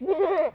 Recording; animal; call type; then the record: contact call of a hoofed animal; goat; low-frequency (closed-mouth) or high-frequency (open-mouth) call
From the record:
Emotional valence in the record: negative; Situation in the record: short social isolation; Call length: 0.55 s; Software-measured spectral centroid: 960 Hz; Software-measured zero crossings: 1060 a second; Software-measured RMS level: -24 dBFS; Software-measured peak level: -12 dBFS